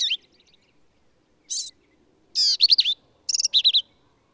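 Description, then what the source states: Black-capped vireo song with brief harsh notes followed by rapid wavering, slurred high phrases, delivered in quick emphatic bursts. Male singing, in the hill country of Texas; lively, emphatic song with phrases sung alone, truncated, embellished or run together; endangered species.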